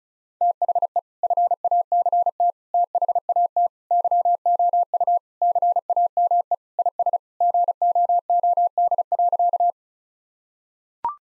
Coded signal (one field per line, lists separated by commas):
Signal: Morse code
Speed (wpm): 36 wpm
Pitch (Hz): 700 Hz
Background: none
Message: THE FACT THAT YOU CAME IS GOOD.